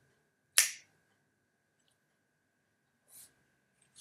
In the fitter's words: And here as well there's a click.